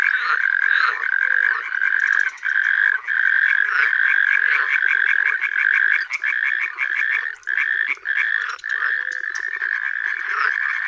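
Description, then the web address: Frogs calling in a loud chorus, rapid pulsed croaks overlapping, with several short lulls where the chorus briefly drops before resuming. Frog concert in a forest (puszcza). "Przyroda Tajemnice puszczy Koncert zab"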